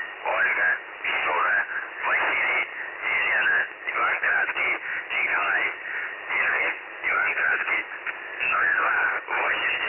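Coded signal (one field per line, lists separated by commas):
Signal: numbers station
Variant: UVB-76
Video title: The Buzzer/UVB-76 Voice Message (December 1, 2020 11:14 UTC)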